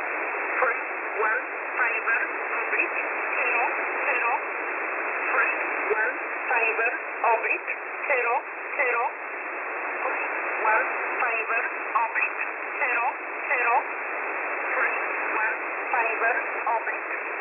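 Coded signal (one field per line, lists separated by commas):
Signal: numbers station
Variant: E11 Oblique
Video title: E11 Oblique 21/11/2022 1300 UTC 4909kHz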